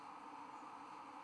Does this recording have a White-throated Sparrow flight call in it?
yes